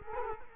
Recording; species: mosquito wingbeat signal from an infrared sensor; Culex quinquefasciatus